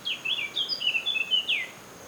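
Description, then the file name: Eurasian blackcap song: a quick, varied warbling phrase of bright, slurred notes, lasting about a second and a half, over a faint steady hiss. "Sylvia atricapilla"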